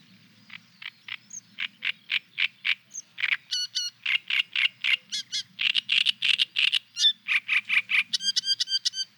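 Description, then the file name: Great reed warbler singing a steady stream of grating, frog-like churrs, several times a second, broken by sharp whistled notes; faint low rumble beneath. "Trastsångare"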